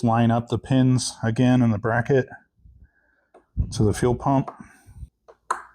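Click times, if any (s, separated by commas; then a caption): 5.5 s. Someone talks while a fuel line quick-connect fitting with a greased O-ring is pushed onto the plastic fuel pump outlet on a dirt bike. After a pause, a single sharp snap at 5.5 s marks the connector clicking into place, fully seated.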